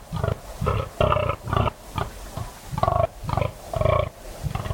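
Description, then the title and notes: Fallow deer groaning in a steady rhythm of deep, rough belches, roughly two per second, with a low rumbling base. Fallow buck during autumn rut, 3am moonless cold still night, West Dorset; staking claim, warning off rivals and guarding his does; guttural bellow echoing through combes and hills. "Sound Escape 38: the eerie and dramatic fallow deer rut on a dark Dorset night. It's 3am on an autumn night in West Dorset. A fallow buck is staking his claim, warning off rivals and guarding his does. A guttural bellow that bursts the quiet and echoes through the combes and hills. BBC Countryfile Magazine. Recorded by Kevin Parr"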